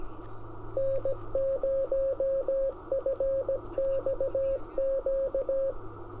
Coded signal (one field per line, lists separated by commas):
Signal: Morse code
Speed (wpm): 18 wpm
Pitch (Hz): 500 Hz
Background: radio noise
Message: N0FXQ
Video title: Getting Indiana Activated with an 18 WPM CW POTA Activation at Beaver Bottom Lake (No bottoms seen)